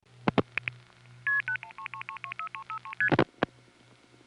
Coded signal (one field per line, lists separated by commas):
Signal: multi-frequency trunk signalling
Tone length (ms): 80 ms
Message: 1333 33ST